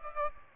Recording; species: mosquito wingbeat signal from an infrared sensor; Aedes aegypti